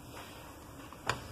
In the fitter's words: foi encaixando. Não encaixou embaixo ainda.